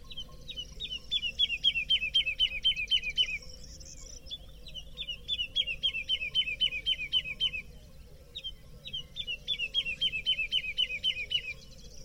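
Woodlark song in repeated phrases of quick, fluty, falling notes, each phrase about three seconds long with brief gaps between, with a steady low hum underneath.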